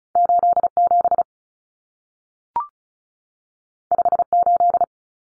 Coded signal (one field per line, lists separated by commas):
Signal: Morse code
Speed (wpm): 36 wpm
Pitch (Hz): 700 Hz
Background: none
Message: 87 58